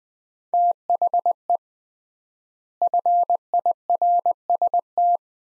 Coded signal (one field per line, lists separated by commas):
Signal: Morse code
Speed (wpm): 20 wpm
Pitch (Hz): 700 Hz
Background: none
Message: THE FIRST